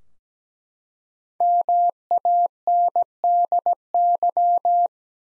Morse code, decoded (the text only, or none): MANDY